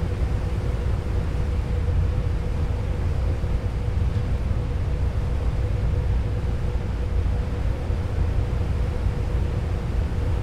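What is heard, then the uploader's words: A ferry under way, heard from a passenger deck: a heavy, steady engine rumble dominates the low end, with a faint constant hum layered above it. The level never changes, with no distinct events, just dense, even machinery noise throughout. Bainbridge Outbound Rear Passenger Deck Board And Launch Stereo. A days' worth of round-trips on the Seattle-Bainbridge Island Ferry, nearly all short fore-and-aft from then passenger and car decks.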